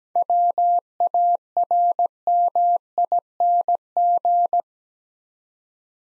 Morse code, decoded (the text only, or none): WARMING